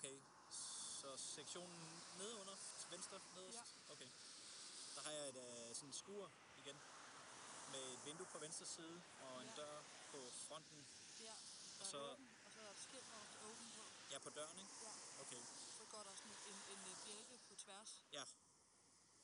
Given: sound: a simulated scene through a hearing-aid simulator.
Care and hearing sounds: conversation; traffic; +4 dB SNR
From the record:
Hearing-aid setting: III (slow-acting compression, loudness normalization, advanced features for about 2.5 dB of SNR improvement); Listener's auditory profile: D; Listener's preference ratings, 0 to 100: 60, 51, 83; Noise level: 75 dB SPL

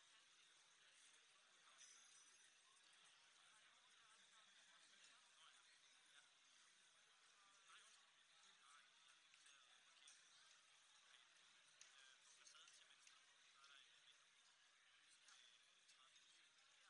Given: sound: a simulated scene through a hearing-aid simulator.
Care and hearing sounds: conversation; cafeteria (anchor of the quiet scene); -6 dB SNR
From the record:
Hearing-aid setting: anchor resembling a broken hearing aid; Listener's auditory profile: C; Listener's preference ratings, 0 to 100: 0, 0, 1

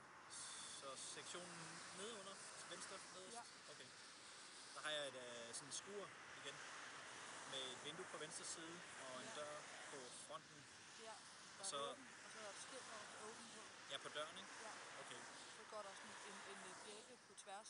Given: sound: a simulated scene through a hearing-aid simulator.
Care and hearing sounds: conversation; traffic; 0 dB SNR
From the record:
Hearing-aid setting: standard clinical setting (NAL); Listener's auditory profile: A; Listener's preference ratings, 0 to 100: 80, 64, 58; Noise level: 75 dB SPL

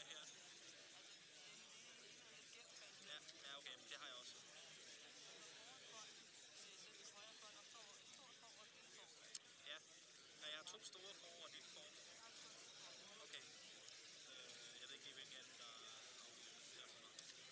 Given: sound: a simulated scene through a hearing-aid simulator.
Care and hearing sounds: conversation; cafeteria; -4 dB SNR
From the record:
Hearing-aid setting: II (fast-acting compression, audibility-based gain, advanced features for about 2.5 dB of SNR improvement); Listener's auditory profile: B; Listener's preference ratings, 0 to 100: 7, 7, 30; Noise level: 65 dB SPL

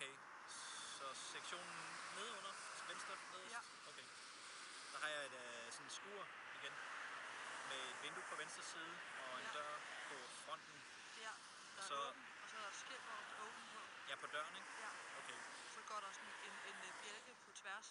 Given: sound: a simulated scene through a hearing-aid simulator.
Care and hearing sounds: conversation; traffic; 0 dB SNR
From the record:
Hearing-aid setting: IV (slow-acting compression, loudness normalization); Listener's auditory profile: A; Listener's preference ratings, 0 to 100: 55, 57, 20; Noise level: 75 dB SPL

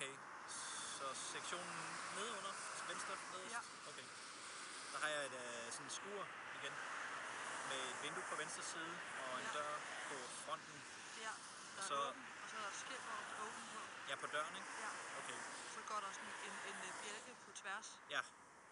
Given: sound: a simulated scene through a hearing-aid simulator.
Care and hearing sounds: conversation; traffic; 0 dB SNR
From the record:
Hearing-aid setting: IV (slow-acting compression, loudness normalization); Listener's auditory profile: C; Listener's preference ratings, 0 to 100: 0, 23, 21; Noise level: 75 dB SPL

